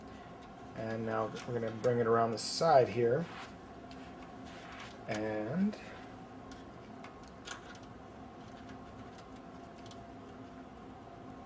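A SATA data cable is brought around the side of the case and lined up with the keyed port on the hard drive while someone talks. Faint ticks and light handling noises follow, but nothing has seated or clicked yet.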